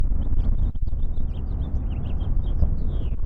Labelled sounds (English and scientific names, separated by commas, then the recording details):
House Finch (Haemorhous mexicanus) song
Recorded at Neponsit on Long Island, New York, on 4 June 1975
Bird C